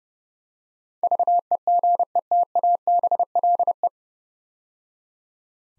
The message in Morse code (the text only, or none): VEGETABLE